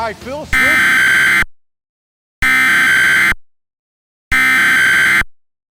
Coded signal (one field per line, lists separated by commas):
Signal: Emergency Alert System (SAME) tones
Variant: header bursts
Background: speech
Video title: EAS Mock 13: The Fireworks Incident of 2022